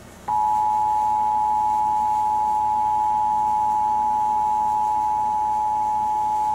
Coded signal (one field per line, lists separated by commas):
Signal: Emergency Alert System (SAME) tones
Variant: 853 and 960 Hz attention tone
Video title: WEATHER RADIOS: CREATED BY MICHAEL BAY... EAS Alerts from 7/6/21 (EAS 5331-5468)